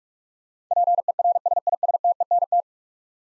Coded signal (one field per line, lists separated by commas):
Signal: Morse code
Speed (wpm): 41 wpm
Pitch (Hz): 700 Hz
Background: none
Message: PERSISTENT